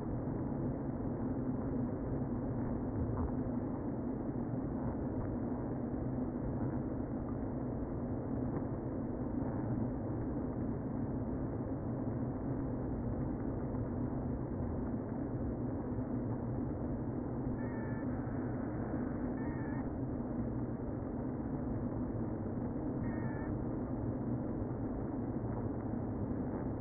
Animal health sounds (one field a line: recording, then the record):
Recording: honeybee colony, microphone inside the hive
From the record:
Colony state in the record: queen present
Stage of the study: before two queens were removed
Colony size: about 60,000 bees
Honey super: yes